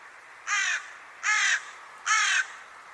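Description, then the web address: Bird giving three harsh, raspy caws, each about a third of a second long, evenly spaced roughly every 0.8 seconds, over a faint steady background hiss. "cianscape. Deverinetal 2025. Bird Only"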